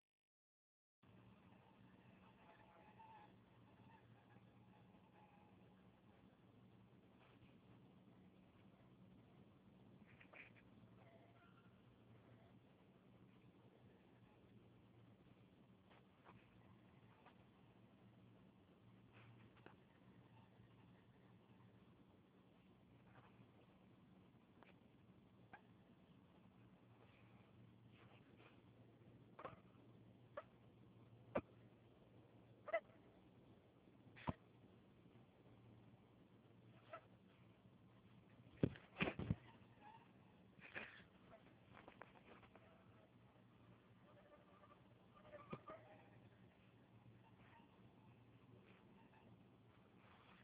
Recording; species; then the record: mosquito flight sound by mobile phone; Anopheles farauti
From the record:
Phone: Huawei 866C